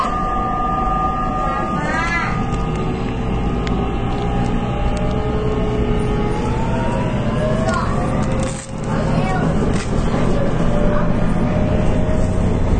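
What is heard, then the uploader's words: A Nippou line local train hums with a steady low rumble while motor whines slide up and down in pitch, briefly dipping near nine seconds. JR九州 813系 中津から西小倉まで. 813系電車の走行音. 日豊線の普通列車で収録しました。 ワンマン運行です。 It was recorded with Nippou line's local train.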